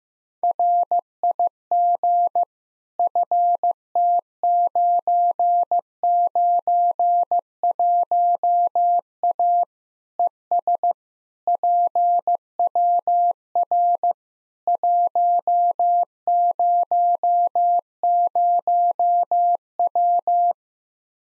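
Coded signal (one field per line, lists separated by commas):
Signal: Morse code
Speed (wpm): 15 wpm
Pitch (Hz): 700 Hz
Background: none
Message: RIG FT991A ES PWR 100W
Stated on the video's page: Practice QSO drill at 15 wpm, information segment (rig, antenna, weather), each segment sent in Morse, then repeated in Morse.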